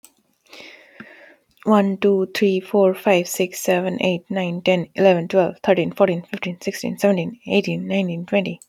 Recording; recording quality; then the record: counting at a fast pace; excellent, no background noise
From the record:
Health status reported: healthy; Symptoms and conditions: hypertension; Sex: female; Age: 28 years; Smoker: not ticked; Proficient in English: yes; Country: United States